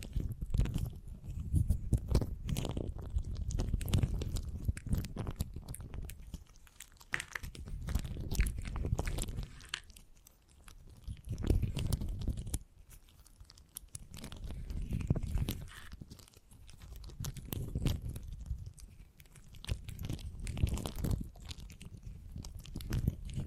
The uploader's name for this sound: Brain Tingly Sounds Using Beeswax